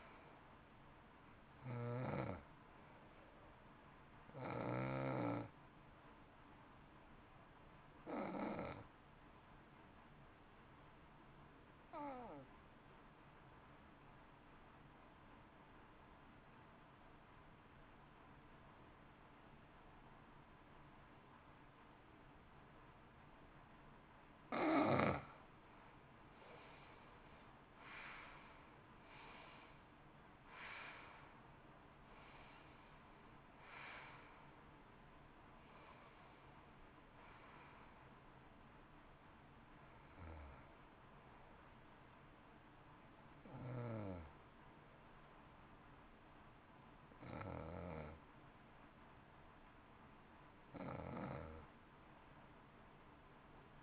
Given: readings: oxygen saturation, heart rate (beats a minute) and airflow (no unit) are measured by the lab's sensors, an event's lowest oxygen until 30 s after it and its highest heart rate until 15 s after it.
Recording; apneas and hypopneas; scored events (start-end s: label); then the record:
breathing in sleep by a voice recorder at the bedside; 1
13.00-25.40 s: obstructive apnea (N2, oxygen 93% highest, then 78% lowest, heart rate 54 at the start, 65 highest)
13.00-53.83 s: new sleep stage, N2 (light sleep)
From the record:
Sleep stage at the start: N1 (lightest sleep); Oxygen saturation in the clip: 78 to 93%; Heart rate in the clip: 52 to 65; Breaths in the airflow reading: 12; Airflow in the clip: -17.4 to 14.6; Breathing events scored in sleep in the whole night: 328 in 6.3 hours asleep